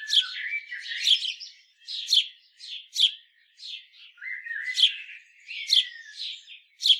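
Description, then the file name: House sparrow chirps, separate loud cheep notes repeated roughly every second, with a few lower drawn-out squeaky notes between them. "Passer domesticus"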